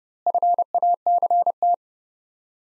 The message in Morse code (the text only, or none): FACT